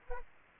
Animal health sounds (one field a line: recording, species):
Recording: mosquito wingbeat signal from an infrared sensor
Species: Culex quinquefasciatus